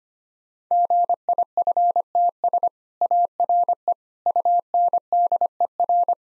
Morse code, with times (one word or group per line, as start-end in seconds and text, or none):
0.7-2.7 GIFTS
3.0-3.9 ARE
4.3-6.1 UNDER